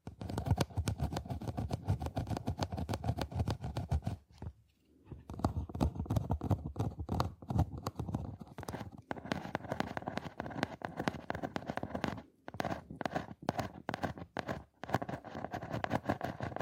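Scratching on boxes and hollow objects, a dense run of rapid scraping strokes with a rough, hollow body and some bright grit on top. The strokes pause briefly around 4 seconds, near 12 seconds and again near 15, then resume at the same busy pace.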